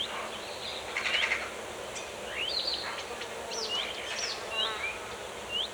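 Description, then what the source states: Birds singing, with scattered short whistled notes and upward-sweeping chirps, and an insect-like buzz, over a steady background hiss. Birds in a forest.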